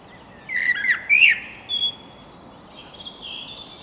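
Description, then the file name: Common blackbird singing one mellow, fluted warbling phrase ending in a few squeaky notes, followed by faint thin high notes. "Turdus merula"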